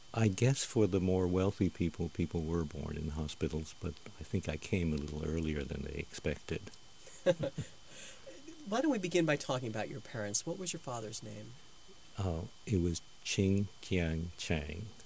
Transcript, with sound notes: I guess for the more wealthy people, people were born in the hospitals. But, I think I came a little earlier than they expected.
(Laughter) Why don't we begin by talking about your parents? What was your father's name?
He was Ching Kiang Chang.